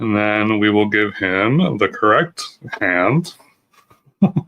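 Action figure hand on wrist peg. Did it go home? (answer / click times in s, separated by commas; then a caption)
no / none. Someone talks while handling a replacement plastic hand for an action figure, about to push it onto the figure's wrist peg. A few short, faint sounds come near the end, but nothing has seated or clicked yet.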